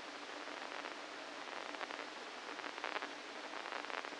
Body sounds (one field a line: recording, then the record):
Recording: brain microelectrode recording played as sound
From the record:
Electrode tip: inside the subthalamic nucleus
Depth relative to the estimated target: -2 mm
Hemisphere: right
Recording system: NeuroSet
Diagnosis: Parkinson's disease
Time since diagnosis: 8 years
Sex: male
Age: 65 years